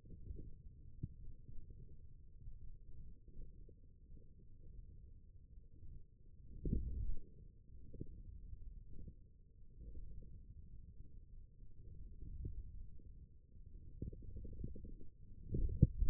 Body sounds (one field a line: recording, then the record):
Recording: forearm muscle sounds (acoustic myography)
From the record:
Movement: hand closing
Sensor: system 1, eight BSWA MPA416 microphones around the upper forearm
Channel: 5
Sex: male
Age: 20 years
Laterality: left